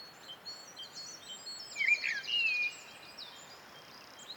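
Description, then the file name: Mistle thrush song: one short fluted, warbling phrase near the middle, with higher thin notes above it. "British Library - Mistle Thrush Turdus viscivorus"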